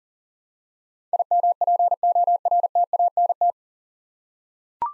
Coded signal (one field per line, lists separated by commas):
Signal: Morse code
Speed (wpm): 39 wpm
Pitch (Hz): 700 Hz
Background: none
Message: IMPORTANT